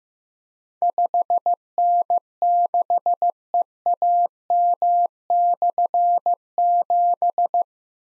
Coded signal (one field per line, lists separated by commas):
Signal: Morse code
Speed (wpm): 15 wpm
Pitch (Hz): 700 Hz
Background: none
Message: 5N6EAM/7